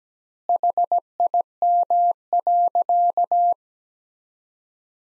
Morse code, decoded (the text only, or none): HIM.